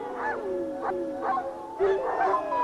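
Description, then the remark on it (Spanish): Wolves howling in a chorus, long wavering tones overlapping with short rising yips that repeat about every half second, steady and moderately loud with no talking. “El granjero debe reproducir el aullido cada vez que escuche el aullido de una manada de lobos salvajes a la distancia.”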